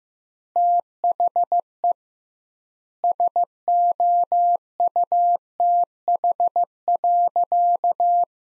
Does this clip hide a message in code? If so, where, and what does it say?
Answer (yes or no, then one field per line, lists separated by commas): yes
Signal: Morse code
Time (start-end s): 0.6-8.2 s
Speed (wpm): 15 wpm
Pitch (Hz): 700 Hz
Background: none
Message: THE SOUTH.